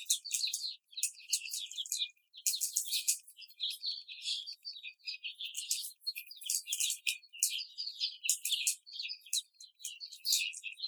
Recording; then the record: young laying hens in a cage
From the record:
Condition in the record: after the stressor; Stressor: simulated dog barking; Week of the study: 4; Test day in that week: 2